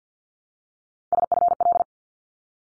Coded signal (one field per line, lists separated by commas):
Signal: Morse code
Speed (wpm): 50 wpm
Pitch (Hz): 700 Hz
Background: none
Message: SFL